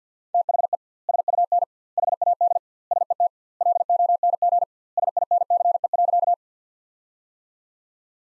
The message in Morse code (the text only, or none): THE SUN HAD SET LONG SINCE.